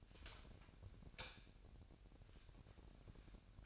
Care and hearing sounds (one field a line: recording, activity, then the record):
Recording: daily activity, microphone in the room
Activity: light on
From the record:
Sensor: 2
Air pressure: 1011.8 hPa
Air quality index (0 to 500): 213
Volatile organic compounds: 3 ppm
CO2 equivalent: 1498 ppm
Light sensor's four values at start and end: 10/24/10/11 and 15/41/17/17